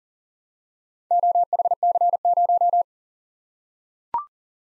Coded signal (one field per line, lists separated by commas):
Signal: Morse code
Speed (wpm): 40 wpm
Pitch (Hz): 700 Hz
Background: none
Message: OHC0